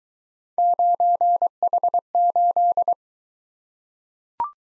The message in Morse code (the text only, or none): 9H8